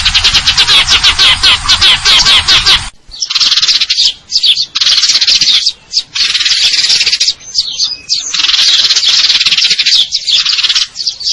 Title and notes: GEREJA TARUNG NEMBAK PANJANG SUARA JERNIH MASTERAN. Burung Gereja